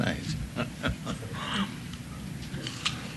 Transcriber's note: laughs